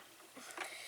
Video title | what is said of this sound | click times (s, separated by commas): What is That!? - Nintendo (Classic NES) - Episode 3 | you push down on it and you hear a click when it's | 0.6 s